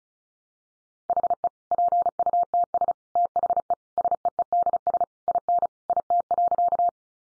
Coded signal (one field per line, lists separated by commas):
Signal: Morse code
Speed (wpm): 34 wpm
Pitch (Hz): 700 Hz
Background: none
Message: HE PUTS THE SEEDS IN IT.